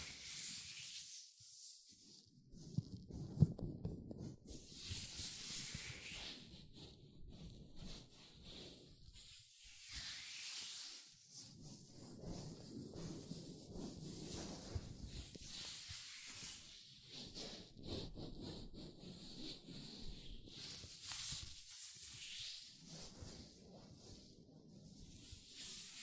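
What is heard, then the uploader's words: Latex gloves rubbed between the hands make a soft, scratchy friction with a thin hiss on top. The rubbing comes in uneven waves of a few seconds each, swelling and fading, with a brief sharp snap near the three-second mark. ASMR Latex Gloves Hand Sounds (No Talking).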